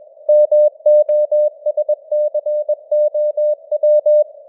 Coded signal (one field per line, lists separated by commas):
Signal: Morse code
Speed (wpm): 21 wpm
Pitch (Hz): 600 Hz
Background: none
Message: MOSCOW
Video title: Morse Code News | 2025-10-23 | 21wpm